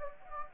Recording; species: mosquito wingbeat signal from an infrared sensor; Anopheles gambiae